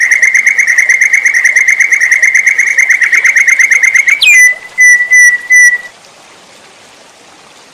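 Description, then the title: White-rumped shama song: a long run of rapid, even whistled notes, then a few sharp high whistles before silence. Masteran training recording for cage birds, titled Labaik. "MURAI BATU LABAIK"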